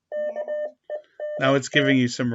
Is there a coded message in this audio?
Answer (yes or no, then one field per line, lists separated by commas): yes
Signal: Morse code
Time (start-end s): 0.1-1.9 s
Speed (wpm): 22 wpm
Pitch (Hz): 600 Hz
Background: speech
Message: KENT